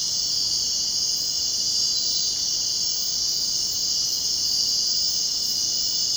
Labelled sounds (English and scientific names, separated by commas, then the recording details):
none
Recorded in dense forest near Puerto Asís, Putumayo, Colombia, on 23 June 2025 at 00:30
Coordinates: 0.499, -76.324
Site G100